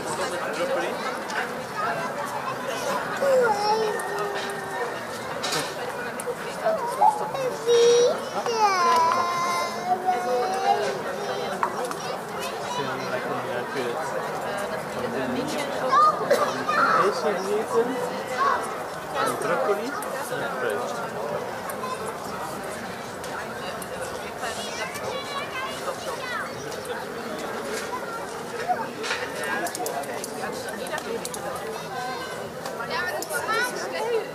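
Children playing on a summer evening, with many overlapping voices chattering and calling throughout. The talk stays dense and steady, with brief louder shouts and bright squeals popping up now and then, especially around eight and sixteen seconds.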